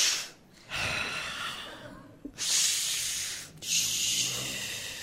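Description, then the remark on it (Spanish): Deep, slow breathing from a woman who has just come running: three long, airy breaths in succession, each a steady hissing rush of air separated by brief pauses, fairly loud and with no talking. “Ay, bueno, voy a respirar, mira.”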